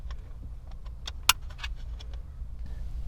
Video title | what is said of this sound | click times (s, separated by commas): Fitcamx 4K Dash Cam - For your Toyota Corolla | and now put the retaining Clips onto the new cover they should just click into place | 1.3 s